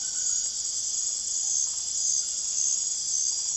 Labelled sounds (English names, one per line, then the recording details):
none
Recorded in secondary vegetation near Puerto Asís, Putumayo, Colombia, on 24 June 2025 at 23:00
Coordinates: 0.489, -76.322
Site G021